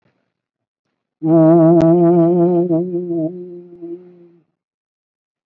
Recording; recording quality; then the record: sustained vowel as in boot; excellent, no background noise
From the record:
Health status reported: COVID-19 positive, mild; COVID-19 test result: positive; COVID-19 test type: RT-PCR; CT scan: not taken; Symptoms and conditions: breathing difficulty, fatigue, muscle pain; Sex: male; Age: 48 years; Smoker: no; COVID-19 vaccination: none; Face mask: not worn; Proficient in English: no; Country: India